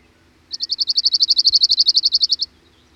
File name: Cirl Bunting (Emberiza cirlus)